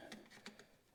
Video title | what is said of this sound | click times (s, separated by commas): Upgrading New Tail Light & Curved Licence Plate By Ciro | That this snaps back into place like that and uh yeah. | 0.5 s